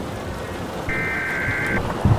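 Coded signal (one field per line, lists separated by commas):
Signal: Emergency Alert System (SAME) tones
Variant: header bursts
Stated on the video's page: EAS tones created with EAS simulation software for a fictional zombie apocalypse scenario.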